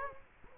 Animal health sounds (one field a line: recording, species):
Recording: mosquito wingbeat signal from an infrared sensor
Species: Culex quinquefasciatus